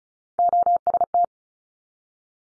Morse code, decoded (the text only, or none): OST